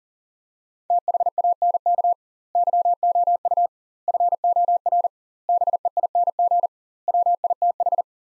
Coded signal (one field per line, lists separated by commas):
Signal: Morse code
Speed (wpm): 40 wpm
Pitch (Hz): 700 Hz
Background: none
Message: THANK YOU FOR BEING WITH